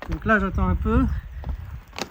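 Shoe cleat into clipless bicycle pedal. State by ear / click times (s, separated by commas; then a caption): seated / 2.0 s. A rider on a steep restart waits a moment, then pushes a shoe cleat into a clipless bicycle pedal. Someone talks first, then a couple of faint taps come at about 1.4 and 1.5 seconds. The cleat clicks in and seats at 2.0 seconds.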